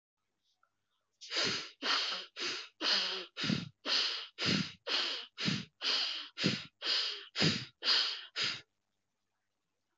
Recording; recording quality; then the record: shallow breathing; excellent, no background noise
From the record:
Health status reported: healthy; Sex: male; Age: 42 years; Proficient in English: yes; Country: India